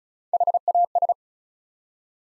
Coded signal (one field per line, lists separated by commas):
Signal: Morse code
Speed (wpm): 34 wpm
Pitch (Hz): 700 Hz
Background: none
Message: HAS